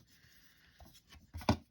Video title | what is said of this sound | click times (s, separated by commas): Young Martin's Reels Zebco 66 Scotty Service and Lubrication | push it in and it locks in place | 1.5 s